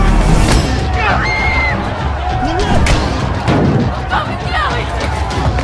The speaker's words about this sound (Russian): Один из агрессивно настроенных парней в толпе бросает камень в спину солдата, стоящего рядом с Питоном и Русом. Солдат, оборачиваясь, начинает бить дубинкой друзей Артема.